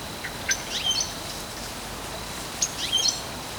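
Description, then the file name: European goldfinch calls: two short bursts of high, thin chirping notes, each a quick cluster of tinkling sounds, separated by a short pause of quiet background hiss. "Carduelis carduelis"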